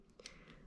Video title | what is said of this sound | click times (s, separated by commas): Hauck Swift X Duo vs Hauck Uptown Duo Pushchair Review | and then there you can see the wheel has locked into place and here are | 0.3 s